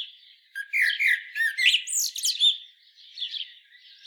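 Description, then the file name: Common blackbird delivering a quick tangle of scratchy, high twitters and slurred notes, loudest in the middle and fading to softer warbles. "Turdus merula"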